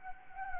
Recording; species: mosquito wingbeat signal from an infrared sensor; Anopheles gambiae